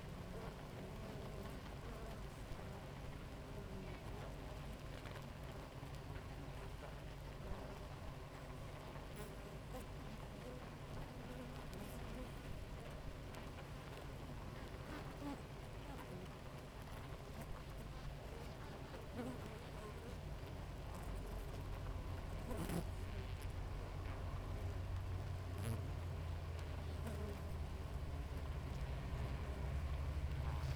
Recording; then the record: honeybee colony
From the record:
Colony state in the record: active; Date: 28 July 2017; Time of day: 6:19